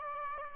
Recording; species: mosquito wingbeat signal from an infrared sensor; Aedes albopictus